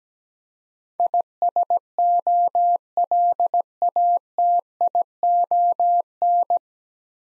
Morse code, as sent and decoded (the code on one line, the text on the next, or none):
.. ... --- .-.. .- - .. --- -.
ISOLATION